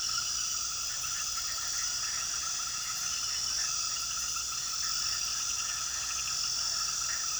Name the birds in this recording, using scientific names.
none